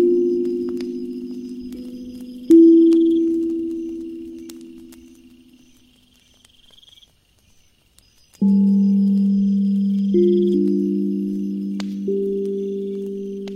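An ethereal drum rings out in low, humming tones that slowly fade, with a pause near seven seconds before new strikes resume, faint insects above.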